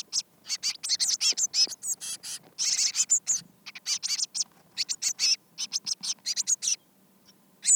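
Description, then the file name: Eurasian blue tit chattering with dense, buzzy high notes in quick succession, broken by short pauses. "Cyanistes caeruleus"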